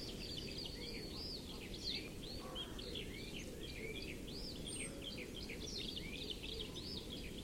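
Bird calls: a dense chorus of arched, whistled chirps rising and falling in quick succession, with steady low background noise.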